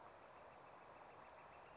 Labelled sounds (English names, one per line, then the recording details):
Northern Flicker
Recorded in Sonoma County, California